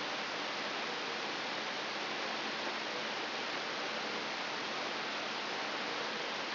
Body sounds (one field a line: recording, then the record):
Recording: brain microelectrode recording played as sound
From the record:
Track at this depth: outside the subthalamic nucleus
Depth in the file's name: 7.727 mm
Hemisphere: right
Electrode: 3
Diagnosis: Parkinson's disease